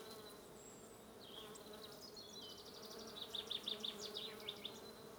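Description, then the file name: Bee: steady droning hum of bees, overlaid by rapid repeated high bird chirps and twitters through the middle and end. "buzzing bees"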